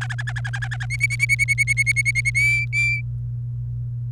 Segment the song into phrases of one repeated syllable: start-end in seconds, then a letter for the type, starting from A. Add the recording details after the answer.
0.01-0.85 A, 0.90-2.30 B, 2.35-3.01 C. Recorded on 28 April 2018 at 09:15. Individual llb3